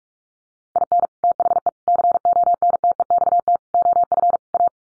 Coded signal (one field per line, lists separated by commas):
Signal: Morse code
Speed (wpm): 44 wpm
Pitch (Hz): 700 Hz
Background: none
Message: IN THE CONTEXT OF A